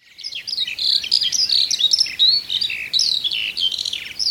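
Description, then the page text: Eurasian skylark song, a fast, unbroken stream of high, twittering and trilled notes with quick rising and falling slurs, pouring on without pause. "Põldlõoke"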